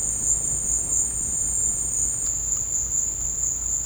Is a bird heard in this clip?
no